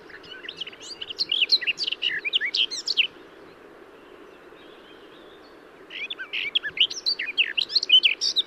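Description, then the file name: Garden warbler song: a rich, fast, warbling stream of varied notes for about three seconds, a pause, then another warbling phrase resumes; steady low background hum. "Garden-Warbler -Sylvia-borin"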